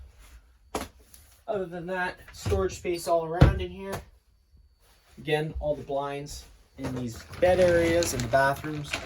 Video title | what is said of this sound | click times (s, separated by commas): 2025 WILDWOOD 44VIEW STK# 13817 | You hear the audible click, and it goes back into place. | 0.8 s